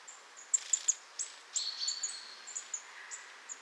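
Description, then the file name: Marsh tit giving high, short sharp call notes in a loose irregular series, with a brief thin buzzy note midway, over a soft steady background hiss. "Poecile palustris"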